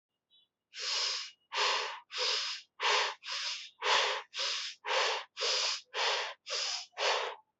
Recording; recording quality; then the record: shallow breathing; excellent, no background noise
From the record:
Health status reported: healthy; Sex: female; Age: 25 years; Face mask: not worn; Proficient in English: yes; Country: India